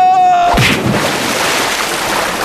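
A thin, steady high whine breaks off into a sudden loud explosion, and the blast rolls on as a dense, roaring rush of noise that barely fades over the next two seconds.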